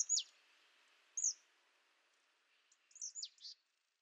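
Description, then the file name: Marsh tit calls: a few sharp, very high notes, some sweeping steeply downward: one near the start, another after a second, then a quick cluster of several around three seconds. "Poecile palustris"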